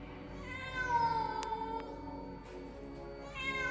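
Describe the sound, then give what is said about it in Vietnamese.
A black cat on a windowsill meows faintly at night in long, wavering, drawn-out cries with a high, tonal pitch, repeating over a few seconds with a brief dip before another plaintive call rises at the end. “Bỗng có tiếng mèo kêu lên văng vẳng trong đêm tối.”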